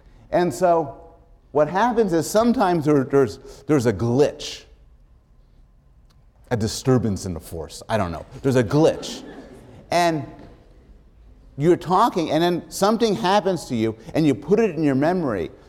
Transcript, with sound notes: And so what happens is sometimes there is a glitch, a disturbance in the force. I don't know. There's a glitch [laughter] and you are talking and then something happens to you and you put it in your memory.